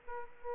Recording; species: mosquito wingbeat signal from an infrared sensor; Aedes aegypti